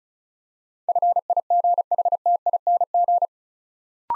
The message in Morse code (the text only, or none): FIGHTING